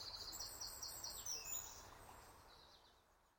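Bird song: a few high, rapid chirping phrases near the start, then fading into a steady low background hiss.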